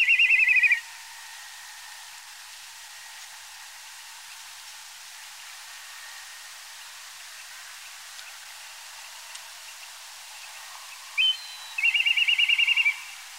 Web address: milvus migrans